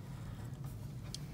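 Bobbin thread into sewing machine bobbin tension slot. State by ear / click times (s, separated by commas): seated / 1.1 s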